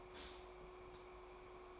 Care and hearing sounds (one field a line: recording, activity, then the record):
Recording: daily activity, microphone in the room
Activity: stop toaster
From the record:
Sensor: 1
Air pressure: 1004.3 hPa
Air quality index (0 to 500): 200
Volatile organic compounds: 19 ppm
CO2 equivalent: 2647 ppm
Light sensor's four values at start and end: 5/13/4/5 and 5/13/4/5